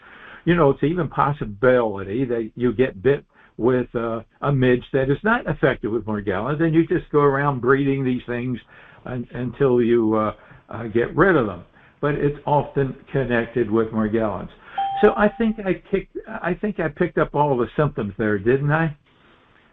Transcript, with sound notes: You know, it's even possibility that you get bit with, uh, a midge that is not infected with Morgellons and you just go around breeding these things un- until you, uh, uh, get rid of them, but it's often connected with Morgellons. (bell dings) So I think I kicked... I think I picked up all of the symptoms there, didn't I?